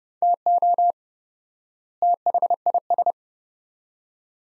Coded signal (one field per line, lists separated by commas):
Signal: Morse code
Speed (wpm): 29 wpm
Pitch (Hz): 700 Hz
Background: none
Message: TO THIS